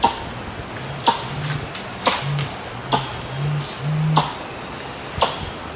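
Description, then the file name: Helmeted curassow song: a run of deep, resonant humming booms, each a short steady tone, punctuated by crisp clicking sounds and faint insect noise. "Canto do mutum de elmo"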